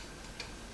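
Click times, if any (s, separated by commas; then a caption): none. A laptop SO-DIMM memory module is handled at its angled laptop memory slot over a steady low hiss, with one brief faint tick at 0.4 s. Nothing has seated or clicked yet; the module is not yet home.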